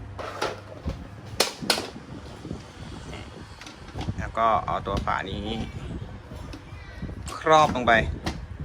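A plastic lid is being placed over a foldable plastic storage box, to be pressed down until it locks. Two sharp knocks sound near 1.4 and 1.7 seconds amid handling noise while someone talks. Nothing has seated or clicked yet; the clip ends before the lid goes home.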